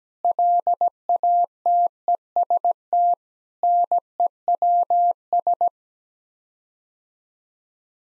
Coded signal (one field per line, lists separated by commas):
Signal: Morse code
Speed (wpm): 17 wpm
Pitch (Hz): 700 Hz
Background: none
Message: LATEST NEWS